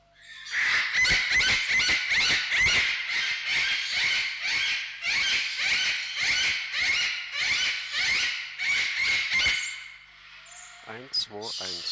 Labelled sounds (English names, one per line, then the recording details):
Eclectus Parrot call
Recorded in captivity
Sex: female
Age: adult
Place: Zoo Berlin, Berlin, DE
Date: 1995-03-04 11:03
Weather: heiter bis wolkig, 1 - 5 °C
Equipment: Marantz CP 130, Sennheiser ME 80, Kopie Uher Variocord 263
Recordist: Tembrock, Günter